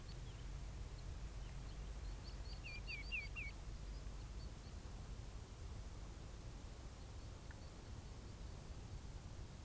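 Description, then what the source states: Bird calls: a short burst of thin, high chirps and quick descending notes in the first half, with a steady low rumble throughout. Migrating birds calling at dusk.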